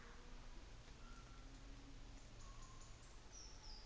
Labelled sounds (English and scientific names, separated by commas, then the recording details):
New Zealand Fantail (Rhipidura fuliginosa)
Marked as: faintness 4/5
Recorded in New Zealand on 24 December 2018
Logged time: 10:15